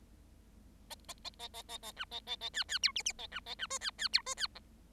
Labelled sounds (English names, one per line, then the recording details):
Bengalese Finch song
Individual Bird7